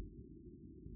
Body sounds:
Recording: neck accelerometer signal played as sound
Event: no cough (speech, laughter, throat clearing or background)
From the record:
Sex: male

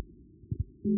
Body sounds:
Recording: neck accelerometer signal played as sound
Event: no cough (speech, laughter, throat clearing or background)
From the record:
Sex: female

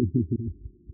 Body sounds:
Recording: neck accelerometer signal played as sound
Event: no cough (speech, laughter, throat clearing or background)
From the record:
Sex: male

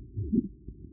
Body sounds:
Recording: neck accelerometer signal played as sound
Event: no cough (speech, laughter, throat clearing or background)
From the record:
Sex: male

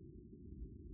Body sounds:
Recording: neck accelerometer signal played as sound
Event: no cough (speech, laughter, throat clearing or background)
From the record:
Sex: female

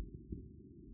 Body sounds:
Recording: neck accelerometer signal played as sound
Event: no cough (speech, laughter, throat clearing or background)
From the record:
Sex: female

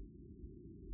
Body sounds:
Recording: neck accelerometer signal played as sound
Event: no cough (speech, laughter, throat clearing or background)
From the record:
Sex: female

